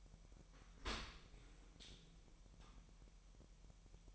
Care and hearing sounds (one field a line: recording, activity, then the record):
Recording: daily activity, microphone in the room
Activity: open dishwasher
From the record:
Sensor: 1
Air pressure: 1000.6 hPa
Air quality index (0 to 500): 246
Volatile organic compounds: 140 ppm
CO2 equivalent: 3978 ppm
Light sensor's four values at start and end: 11/28/11/12 and 11/28/11/12